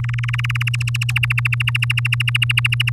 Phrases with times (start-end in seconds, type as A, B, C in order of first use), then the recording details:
0.04-0.90 A, 0.94-2.90 B. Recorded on 7 May 2018 at 05:34. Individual llb16